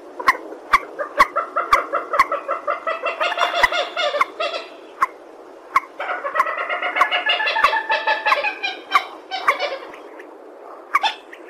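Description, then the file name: Purple swamphen giving two long bouts of rapid, nasal, stuttering cackles, with loud sharp clicks throughout. "tieng trich re keu"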